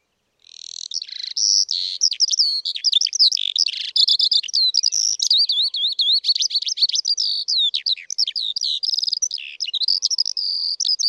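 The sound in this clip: Eurasian skylark song: a long, unbroken stream of rapid, high, twittering and trilled notes, constantly varied in pitch, with no other sounds.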